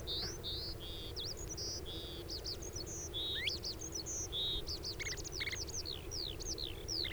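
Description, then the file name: Oriental skylark singing a fast, varied, continuous jumble of clear whistled notes and slurred chirps, over a low steady background rumble. Subspecies coelivox; recorded at Changle, Fujian on 5 May 2012. "Oriental Skylark Song 120505-000 Fujian Changle"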